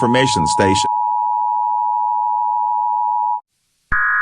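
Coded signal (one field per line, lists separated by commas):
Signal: Emergency Alert System (SAME) tones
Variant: 853 and 960 Hz attention tone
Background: speech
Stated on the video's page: Fictional zombie EAS scenario, a simulated alert rather than a real broadcast.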